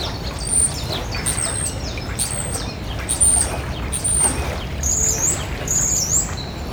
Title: 54 Rue de la Garonne, 31700 Beauzelle, France - Un étourneau sansonnet aux trilles métalliques